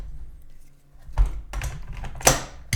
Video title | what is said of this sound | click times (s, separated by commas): Retex Première Partie : Well PRO PPK-20 (WE06 GM) | ça ça s'enclenche bien pour l'enlever on peut l'enlever comme ça | 2.3 s